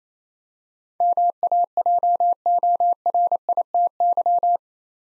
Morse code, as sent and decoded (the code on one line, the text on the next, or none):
-- .- .--- --- .-. .. - -.--
MAJORITY